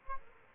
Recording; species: mosquito wingbeat signal from an infrared sensor; Aedes albopictus